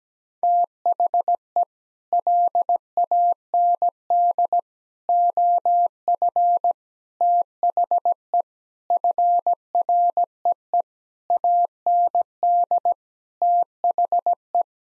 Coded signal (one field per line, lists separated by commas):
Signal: Morse code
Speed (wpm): 17 wpm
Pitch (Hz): 700 Hz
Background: none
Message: THE LAND OF THE FREE AND THE